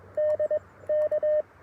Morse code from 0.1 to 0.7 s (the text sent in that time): D